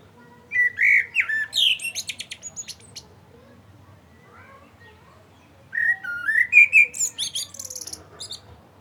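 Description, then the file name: Common blackbird song: two fluty warbled phrases with rapid high squeaky trills at their ends, a quiet gap of about three seconds between them. "Turdus merula"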